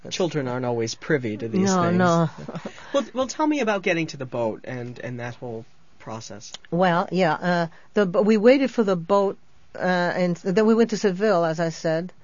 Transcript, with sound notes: Children aren't always privy to these things.
No, no. ( she laughs )
Well, tell me about getting to the boat, and that whole process.
Well, yeah. We waited for the boat, and then we went to Seville, as I said.